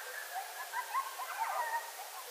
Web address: sounds mammals Coyote 2010 11 20 Coyotes. night-sounds-pt-5-coyotes